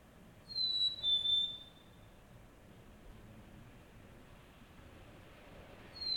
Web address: Nature in the City AMB SUBURB Solo Bird Call, Early Morning, Distant Traffic Passbys, Montreal, Canada